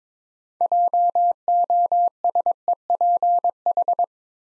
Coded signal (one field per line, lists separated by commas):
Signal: Morse code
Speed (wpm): 21 wpm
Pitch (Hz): 700 Hz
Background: none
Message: JOSEPH